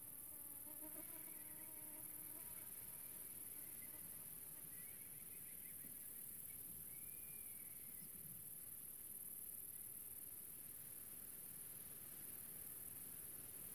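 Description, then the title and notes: Grasshopper stridulation as a constant high sizzle; several short whistled bird calls come in early and again midway, over a soft low rumble. A single small grasshopper, countryside near the small town of General Alvear, under the summer sun, recorded a few years earlier while filming a documentary. "Relaxing Sounds - Nature - Grasshopper. a small town called General Alvear. I found myself in the middle of the countryside under the summer sun and this little grasshoper appeard"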